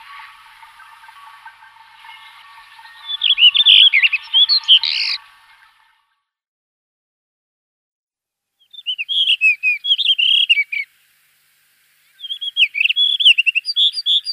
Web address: Schulze Peter Blue Rock-Thrush song